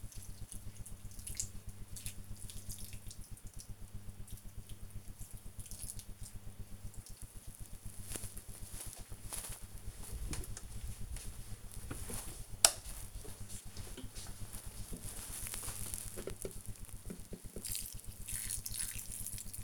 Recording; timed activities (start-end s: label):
household activities, microphone on the right wrist
0.00-19.64 s: watering plant